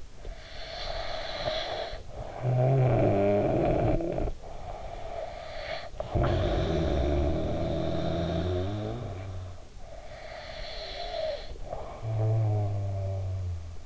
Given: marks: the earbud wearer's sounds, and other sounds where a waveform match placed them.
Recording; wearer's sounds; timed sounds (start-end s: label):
sounds in sleep by an in-ear microphone; snoring breath
0.00-4.49 s: snoring breath
4.61-9.79 s: snoring breath
10.00-13.86 s: snoring breath